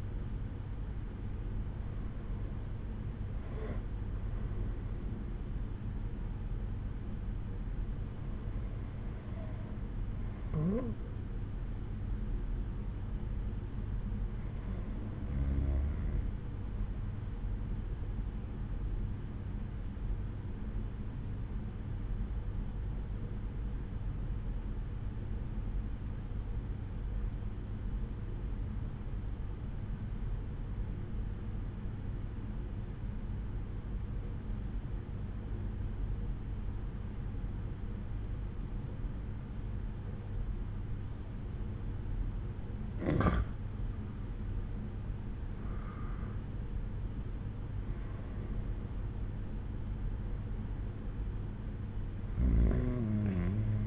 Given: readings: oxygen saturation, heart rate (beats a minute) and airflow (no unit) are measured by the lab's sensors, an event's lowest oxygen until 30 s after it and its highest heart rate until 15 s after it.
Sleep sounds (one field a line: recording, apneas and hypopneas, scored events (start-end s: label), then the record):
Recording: breathing in sleep by a smartphone at the bedside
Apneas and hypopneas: 1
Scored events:
15.00-45.70 s: hypopnea (N2, oxygen 96% highest, then 90% lowest)
From the record:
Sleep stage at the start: N2 (light sleep)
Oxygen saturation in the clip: 88 to 96%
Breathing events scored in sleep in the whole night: 187 in 7.2 hours asleep